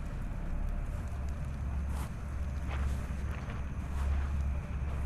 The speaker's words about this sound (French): Et pour tout arranger, le vent s'était levé. Un vent brûlant et empli de poussière.